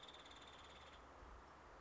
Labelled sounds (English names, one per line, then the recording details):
Nuttall's Woodpecker
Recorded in Sonoma County, California